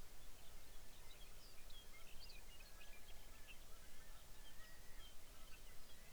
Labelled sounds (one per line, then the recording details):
songbird
loon
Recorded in the Arctic National Wildlife Refuge, Alaska, on 23 May 2019 at 06:15
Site 49